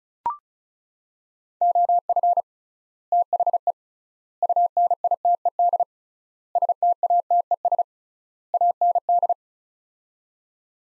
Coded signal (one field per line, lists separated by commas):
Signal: Morse code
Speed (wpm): 34 wpm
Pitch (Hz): 700 Hz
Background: none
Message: OF THE UNITED STATES AND